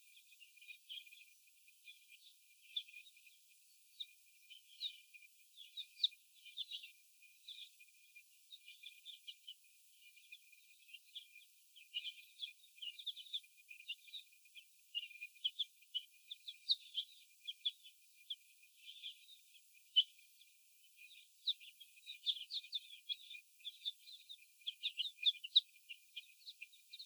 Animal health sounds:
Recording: young laying hens in a cage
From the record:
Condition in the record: before the stressor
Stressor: sudden umbrella opening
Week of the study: 2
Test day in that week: 1

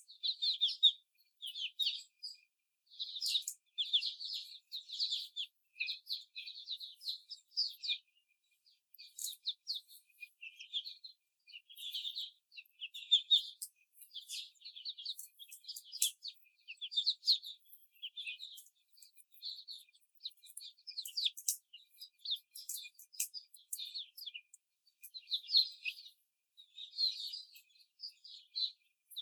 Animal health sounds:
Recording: young laying hens in a cage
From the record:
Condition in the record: before the stressor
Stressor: simulated dog barking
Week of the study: 4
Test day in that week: 2

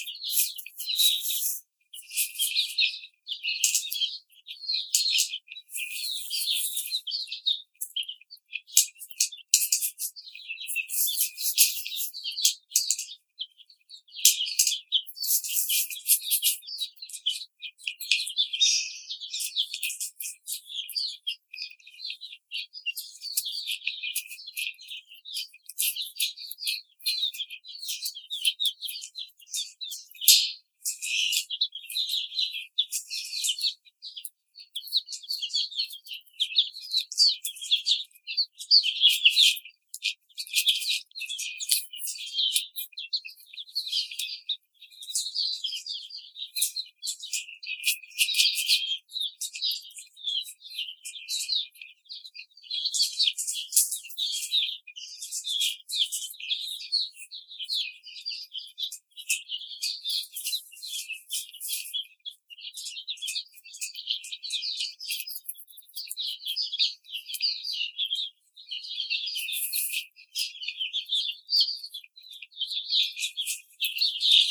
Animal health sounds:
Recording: young laying hens in a cage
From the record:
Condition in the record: treatment cage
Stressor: simulated dog barking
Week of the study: 5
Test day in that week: 1

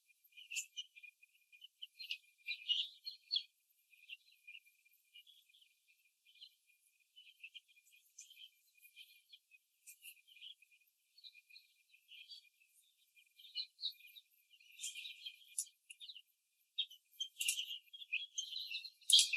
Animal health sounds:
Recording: young laying hens in a cage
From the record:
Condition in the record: before the stressor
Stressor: simulated dog barking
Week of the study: 3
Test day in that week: 1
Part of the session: 3

